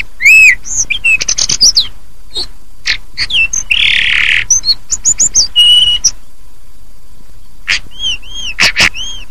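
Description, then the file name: Hill blue flycatcher singing bright looping whistles and quick chips, broken by a rasping buzzy note and a steady high whistle before a brief silence and more arched notes. "tledekan atau sulingan"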